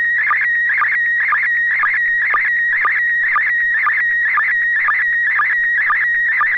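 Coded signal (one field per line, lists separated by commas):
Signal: SSTV (slow-scan television)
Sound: warbling steady tone around 2 kHz, interrupted by short low blips about twice a second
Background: low hum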